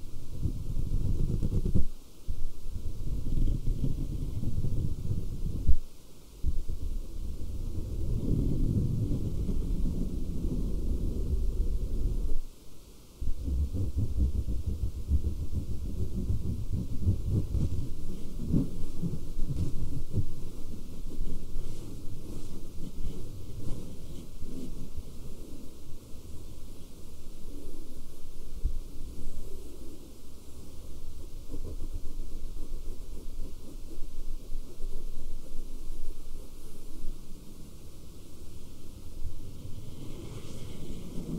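Continuous scratching on fabric, a dense low rustle with rough, irregular strokes. It is heaviest in the first twenty seconds, broken by brief near-silent pauses around 2, 6 and 13 seconds, then settles into lighter, thinner scratching through the end.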